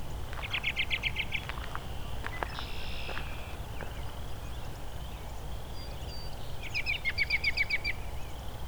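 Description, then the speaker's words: American robin giving laughing chatter calls, two bursts of rapid sharp repeated notes near the start and end, over a steady low rumble of background noise. Perched in a tree directly ahead of the recordist, not singing but making many laughing-type calls and vocalizations. "American robin right ahead of me in the tree, doing kind of its laughing sound."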